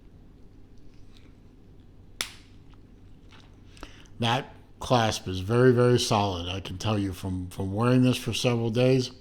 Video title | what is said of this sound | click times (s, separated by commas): Unboxing & Review: IWC Portugieser Perpetual Calendar Watch | of course it clicks in place very solidly | 2.2 s